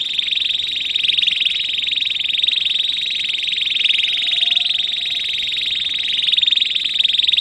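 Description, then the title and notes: Domestic canary giving a continuous high rolling trill of very rapid repeated notes, steady in pitch throughout, with faint background hiss. Belgian canary singing. "Canário Belga Campainha Canary Singing. Canario Belga Cantando"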